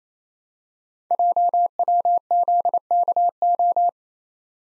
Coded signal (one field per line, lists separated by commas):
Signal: Morse code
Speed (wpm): 29 wpm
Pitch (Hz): 700 Hz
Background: none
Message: JWZKO